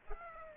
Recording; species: mosquito wingbeat signal from an infrared sensor; Aedes aegypti